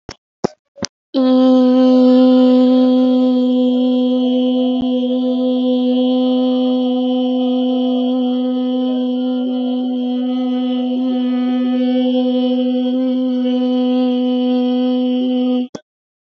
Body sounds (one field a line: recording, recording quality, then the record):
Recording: sustained vowel as in beet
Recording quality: excellent, no background noise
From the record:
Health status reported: COVID-19 positive, no symptoms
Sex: female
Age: 20 years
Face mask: not worn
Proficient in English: yes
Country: India